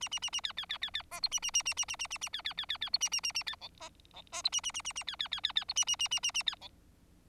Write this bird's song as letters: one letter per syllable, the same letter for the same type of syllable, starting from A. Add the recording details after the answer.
A A A A B B B B B C D A A A A A A A A A B B B B B D A A A A B E C E C D A A A A A B B B B B D A A A A A A B E. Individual Bird4